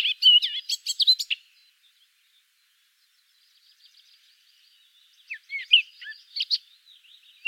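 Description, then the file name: Eurasian blackcap song, a burst of rapid scratchy chirps, then over a second of near silence, then a second phrase of slurred, whistled notes. "Sylvia atricapilla"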